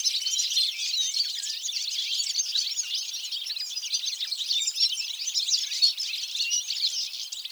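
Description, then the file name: European goldfinch calls in a dense chorus of high, tinkling twitters and chirps, many birds overlapping continuously with no pause throughout. "Carduelis carduelis"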